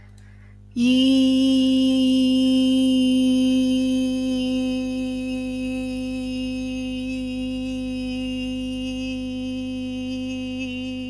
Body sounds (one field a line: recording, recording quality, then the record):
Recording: sustained vowel as in beet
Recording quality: moderate, slight background noise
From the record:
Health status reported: healthy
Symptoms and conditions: none ticked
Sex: female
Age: 28 years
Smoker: not ticked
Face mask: not worn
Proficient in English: yes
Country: India